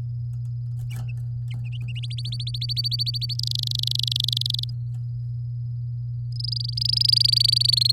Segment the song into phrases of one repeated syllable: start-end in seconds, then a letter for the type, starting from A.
1.95-3.34 A, 3.39-4.64 B, 6.32-7.92 C